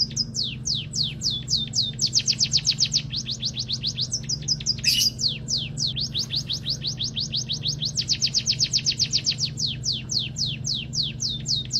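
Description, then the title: Munia song: rapid runs of thin, high, downward-sweeping chirps, fast bursts alternating with slower spaced notes, one sharp click midway, steady low hum beneath. Tirelessly chattering emprit song, used as a model recording for training songbirds. "Kicau Emprit Ngoceh Tak Kenal Lelah Untuk Masteran"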